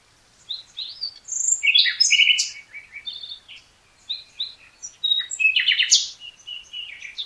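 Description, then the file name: Common nightingale song, a fast stream of varied chirps, whistles and rattles with almost no pause, phrases shifting in pitch and texture. "Luscinia megarhynchos"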